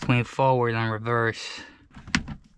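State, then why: Seated. Someone talks, then an electric outboard motor is swung up in its tilt bracket on a 22 ft liveaboard sailboat. A loud sharp snap at 2.1 s marks the tilt latch locking it into the upright position.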